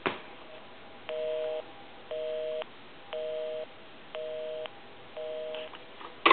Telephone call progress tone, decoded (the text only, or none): busy tone